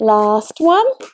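Someone talks while the last tab of a folded corrugated plastic (coroplast) cage base is handled at its slot, about to be fed through from the outside in and pulled all the way. The clip ends before the tab goes home, so nothing has seated or clicked yet.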